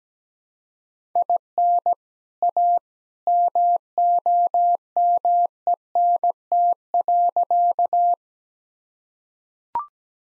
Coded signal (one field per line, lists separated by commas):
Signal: Morse code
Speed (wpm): 17 wpm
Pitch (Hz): 700 Hz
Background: none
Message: IN A MOMENT.